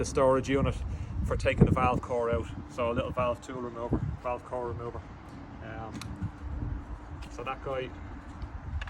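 A plastic tool-storage unit holding a valve core remover is handled next to its slot in the carbon frame of a Trek Speed Concept SLR7 bicycle while someone talks. A few faint sharp ticks are heard near the end, but nothing has seated or clicked into place yet.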